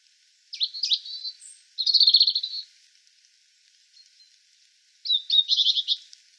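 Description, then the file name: European robin song, three high warbled phrases with rapid trilled notes and sliding whistles separated by pauses, clean quiet background. "Erithacus rubecula"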